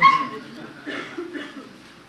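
A puppy gives a sharp, high yip, then a few shorter whimpering squeaks in quick bursts, thin and moderately loud, trailing off over a couple of seconds.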